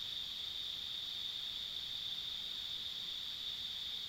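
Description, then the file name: Insects trilling in a steady high band without a break or change in pitch, a thin upper band alongside, quiet outdoor hiss underneath. Ambient insect sounds along a rural country road. "田舎道の虫の環境音"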